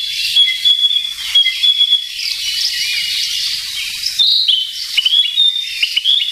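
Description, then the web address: Narcissus flycatcher song, clear whistled phrases, some notes sliding, over a steady high hiss of buzzing insects. "sikioto. kibitaki"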